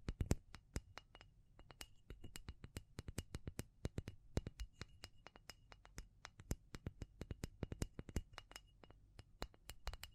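Sharp tapping clicks come in quick, uneven bursts throughout, roughly several per second, each a crisp bright tick. Between them a soft, low rustle and scraping continues, faintly rising and falling, with a few taps landing harder than the rest.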